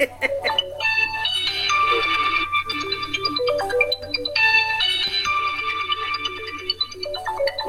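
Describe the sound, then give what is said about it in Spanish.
A mobile phone ringtone plays a bright, tinkling melody of repeated high-pitched phrases, looping twice over a steady low hum, with no one speaking over it. “A Concepción no la oímos, pero a su teléfono sí.”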